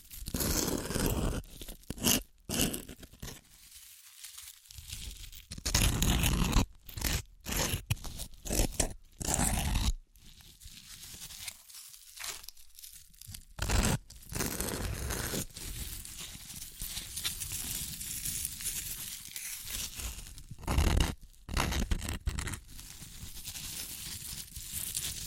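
Crunchy chips being crushed and eaten, a dense run of sharp crackling bites and crumbling textures. Bursts come in quick irregular clusters with brief silent gaps, busiest around the start, 5 to 10 seconds and after 20 seconds, with steadier grinding crunches between.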